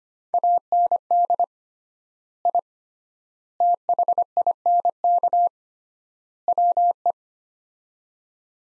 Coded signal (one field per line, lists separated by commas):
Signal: Morse code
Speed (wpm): 25 wpm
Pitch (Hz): 700 Hz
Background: none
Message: AND I THINK WE